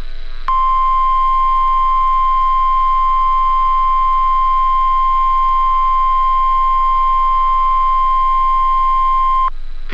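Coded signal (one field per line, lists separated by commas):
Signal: Emergency Alert System (SAME) tones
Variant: 1050 Hz attention tone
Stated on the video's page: Required weekly tests from two weather radio transmitters, one received via a stream.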